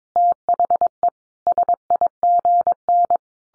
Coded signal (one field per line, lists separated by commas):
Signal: Morse code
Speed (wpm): 22 wpm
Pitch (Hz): 700 Hz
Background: none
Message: THE SIGN